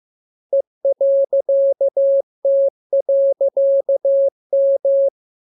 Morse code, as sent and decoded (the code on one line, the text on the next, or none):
. .-.-.- - .-.-.- --
E.T.M